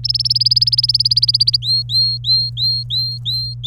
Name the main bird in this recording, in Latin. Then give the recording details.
Serinus canaria. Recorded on 26 April 2018 at 14:55. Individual llb3